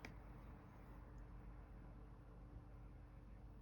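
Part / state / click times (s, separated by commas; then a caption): small screw into a plastic model part / not seated / none. A small screw is pressed into its pre-formed plastic hole on Part 41 of a FANHOME 1:8 scale Back to the Future DeLorean model car before being driven in. A brief sharp tick sounds at about 0.1 s, followed by a steady low hum for the rest of the clip. The screw is being handled and nothing has seated or clicked into place yet.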